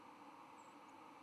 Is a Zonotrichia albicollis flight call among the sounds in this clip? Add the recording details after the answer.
yes. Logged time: 04:53 on 10 November 2014